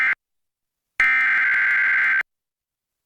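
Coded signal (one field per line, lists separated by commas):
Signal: Emergency Alert System (SAME) tones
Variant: header bursts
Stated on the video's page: Tornado and flash flood warnings aired on a Georgia television station's digital subchannels 63.2 and 63.3.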